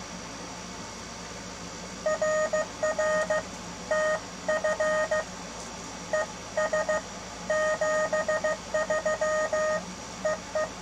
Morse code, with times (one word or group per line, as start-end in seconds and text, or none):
2.1-3.4 RR
3.9-5.2 TF
6.1-7.0 ES
7.5-9.8 73
10.3-10.7 EE